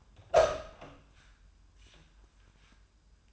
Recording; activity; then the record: daily activity, microphone in the room; open door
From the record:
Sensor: 2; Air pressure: 1004.7 hPa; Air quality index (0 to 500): 74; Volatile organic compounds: 1 ppm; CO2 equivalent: 875 ppm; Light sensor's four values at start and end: 7/16/7/7 and 7/16/7/7